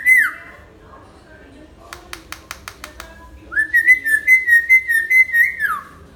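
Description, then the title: Hill myna giving the falling end of a whistle, then a series of sharp clicks, then a long warbled whistle of rapidly pulsing notes near one pitch. Actively singing (gacor) bird; tutor (masteran) recording made for training other birds. "Suara Burung Beo Gacor Cocok Untuk Masteran"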